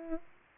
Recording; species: mosquito wingbeat signal from an infrared sensor; Aedes aegypti